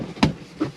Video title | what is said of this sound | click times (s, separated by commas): Malibu 600DBK Family For Four Handover | until it clicks in and then it's in position c and you can turn and | 0.2 s